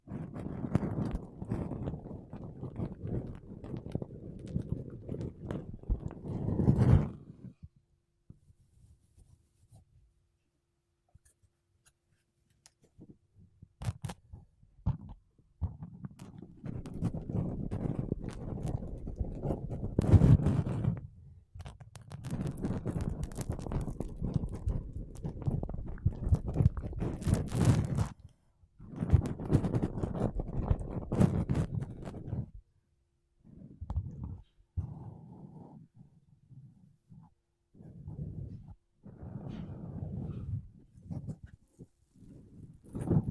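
Makeup brushes and a sponge are rubbed directly against a microphone, making close, soft, dense scratchy swishing that is loudest in the low range. The brushing comes in bursts of several seconds with near-silent gaps, around 8–15, 28 and 33 seconds, and occasional sharp taps.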